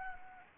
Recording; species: mosquito wingbeat signal from an infrared sensor; Anopheles arabiensis